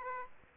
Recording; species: mosquito wingbeat signal from an infrared sensor; Aedes aegypti